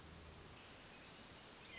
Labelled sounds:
Hermit Thrush (Catharus guttatus)
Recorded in Sonoma County, California

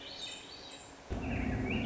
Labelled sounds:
Swainson's Thrush (Catharus ustulatus)
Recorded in Sonoma County, California

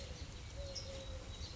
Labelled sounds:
Eurasian Collared Dove (Streptopelia decaocto)
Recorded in Sonoma County, California

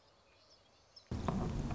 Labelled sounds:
Song Sparrow (Melospiza melodia)
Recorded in Sonoma County, California

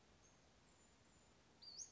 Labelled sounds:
Western Flycatcher (Empidonax difficilis)
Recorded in Sonoma County, California

